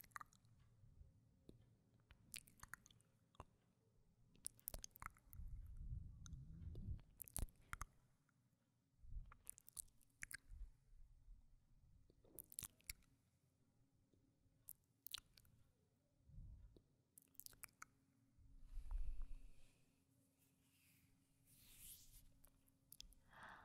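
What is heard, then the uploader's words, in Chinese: Wet mouth sounds and kisses: sticky lip smacks, pops and squishy clicks scattered irregularly across the whole stretch, some in quick bursts. Dull low thumps bump up near six and nineteen seconds, and a soft, bright swiping rustle comes in around twenty-two seconds. 亲亲与口唇声。各种口红触发音。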